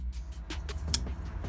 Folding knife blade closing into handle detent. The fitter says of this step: but i also really like the sound of the blade when you close it shut it's that nice satisfying click here take a listen